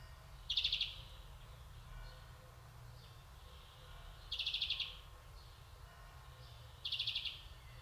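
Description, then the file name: European greenfinch call: three short, harsh buzzing bursts spread throughout, over a constant low background hum. "Chloris chloris"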